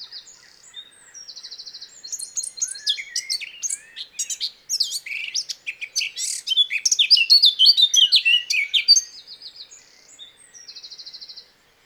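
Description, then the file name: Eurasian blackcap singing a hurried, jumbled warble that builds to loud phrases midway, with soft buzzy trills before and after. "Sylvia atricapilla"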